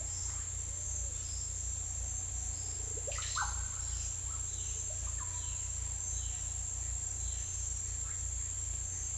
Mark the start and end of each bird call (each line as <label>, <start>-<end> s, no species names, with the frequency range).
bird call (0.3-4.6 kHz), 2.96-3.53 s
bird call (0.7-1.6 kHz), 4.85-5.53 s